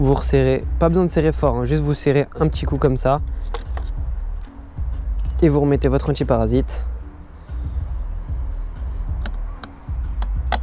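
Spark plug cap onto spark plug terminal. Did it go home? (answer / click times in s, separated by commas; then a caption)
yes / 10.5 s. A rubber spark plug suppressor cap is pushed back onto the spark plug terminal of a 50cc motorcycle engine while someone talks over a low steady hum. Small metallic clinks and taps come at about 3.6, 4.4, 9.3, 9.6 and 10.2 s. A sharp click at 10.5 s shows the cap is properly seated on the plug.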